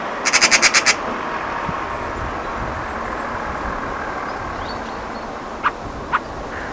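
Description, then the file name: Eurasian magpie giving a harsh, rattling chatter of about seven rapid, even pulses, followed by two isolated sharp clicks over steady low background noise. "Pica pica"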